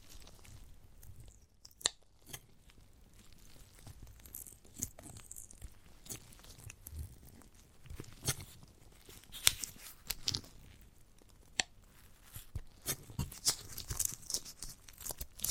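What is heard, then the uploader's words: A giant gummy bear being handled and eaten, with sticky tearing, crunching and crinkling sounds. Sharp clicks and smacks come irregularly every second or so, grow busier after ten seconds, and sit over a soft low rumble. ASMR of a Giant Gummy Bear (No Talking).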